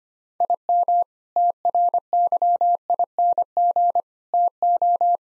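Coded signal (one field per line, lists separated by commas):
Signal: Morse code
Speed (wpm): 25 wpm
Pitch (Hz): 700 Hz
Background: none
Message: IM TRYING TO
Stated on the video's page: Morse practice sentences with common six-word phrases at 25 wpm for head-copy, each sent twice.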